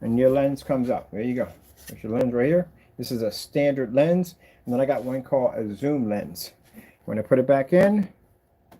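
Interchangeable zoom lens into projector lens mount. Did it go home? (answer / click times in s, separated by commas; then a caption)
no / none. Someone talks while handling an interchangeable projector lens, having removed the standard lens and about to put a zoom lens back into the projector's lens mount. Faint rubbing and handling sounds sit under the speech. The clip ends before the lens goes home, so nothing has seated or clicked yet.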